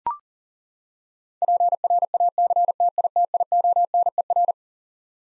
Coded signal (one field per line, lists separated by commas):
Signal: Morse code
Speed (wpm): 37 wpm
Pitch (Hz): 700 Hz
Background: none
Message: PRACTITIONER